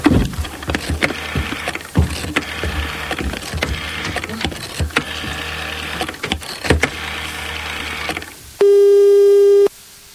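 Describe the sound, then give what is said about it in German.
As someone places a telephone call, rattling, clicking mechanical noise pulses in regular bursts for several seconds, then a single loud, steady telephone tone sounds for about a second before cutting off. No one speaks. “Darf ich mal ganz schnell bei Ihnen telefonieren?”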